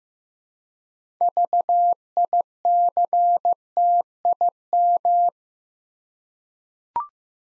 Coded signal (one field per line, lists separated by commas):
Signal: Morse code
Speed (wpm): 15 wpm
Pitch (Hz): 700 Hz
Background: none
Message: VICTIM